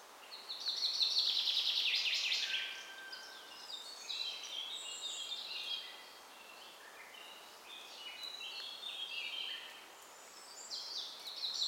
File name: Fringilla coelebs